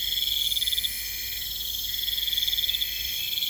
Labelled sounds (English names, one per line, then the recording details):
none
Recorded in pastures near Puerto Asís, Putumayo, Colombia, on 20 December 2024 at 23:00
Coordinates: 0.472, -76.329
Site G072